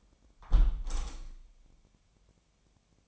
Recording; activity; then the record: daily activity, microphone in the room; close window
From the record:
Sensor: 1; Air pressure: 1014.9 hPa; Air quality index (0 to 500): 49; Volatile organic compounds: 1 ppm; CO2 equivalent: 659 ppm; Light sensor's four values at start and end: 10/25/10/11 and 10/25/10/11